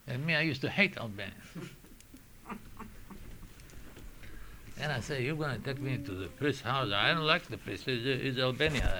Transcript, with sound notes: and me, I used to hate Albanians. (laughs) And I say, "You're going to take me into the priest's house. I don't like the priest. He's Albanian.